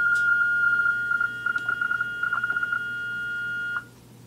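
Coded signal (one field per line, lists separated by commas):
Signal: PSK31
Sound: a single steady tone with a fast warbling flutter, stopping abruptly near the end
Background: low hum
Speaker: i'm going to give this ham a call back and this is on my return and give me information about his signal report my location etc using the pre-programmed macros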